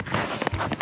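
A part is being pushed together while a kayak, or its paddle joint, is assembled by the water. Soft shuffling and rustling handling noises come in short bursts. Nothing has seated or clicked into place yet.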